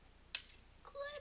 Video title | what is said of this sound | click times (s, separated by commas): Kitana With the Mouse Trap | Wait for the click. Click. | 0.3 s